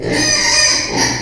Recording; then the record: squeal of a Yucatan mini pig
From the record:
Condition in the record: before surgery on the right vocal fold (resection and tissue-engineered implant); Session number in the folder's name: 2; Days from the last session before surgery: 0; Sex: male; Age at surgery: 12 weeks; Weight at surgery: 13 kg